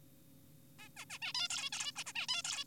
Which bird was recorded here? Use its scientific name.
Taeniopygia guttata